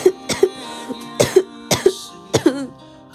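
About ten short, harsh coughs in quick pairs over three seconds from an adult woman ill with COVID-19, whose throat is hoarse and very sore, like swallowing razor blades.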